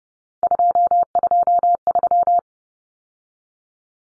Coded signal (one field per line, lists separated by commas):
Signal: Morse code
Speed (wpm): 30 wpm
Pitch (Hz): 700 Hz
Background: none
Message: 223